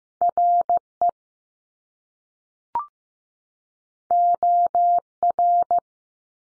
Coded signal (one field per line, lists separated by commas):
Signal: Morse code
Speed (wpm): 15 wpm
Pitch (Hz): 700 Hz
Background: none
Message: R E O R